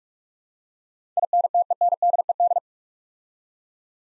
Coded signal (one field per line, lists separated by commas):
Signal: Morse code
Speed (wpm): 44 wpm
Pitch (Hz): 700 Hz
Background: none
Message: INTENDED